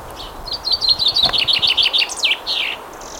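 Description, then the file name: Common chaffinch song: a fast run of bright, high chirping notes descending slightly, ending in a quick downward flourish, over faint background hiss. "Fringilla coelebs"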